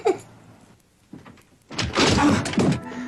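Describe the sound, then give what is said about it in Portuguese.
A short knock opens, then a soft thunk, followed by a loud, sustained door thud and rattling clatter lasting about a second before fading into a low hum. “Troca de porta.”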